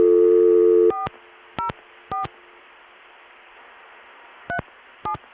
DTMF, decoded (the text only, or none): 404 37